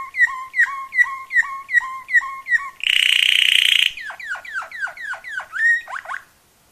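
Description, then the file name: Waterslager canary song: evenly repeated liquid two-toned notes, a loud harsh buzz lasting about a second, then quick falling slurred notes. Song variations. "kenari waterslager variasi omkicau"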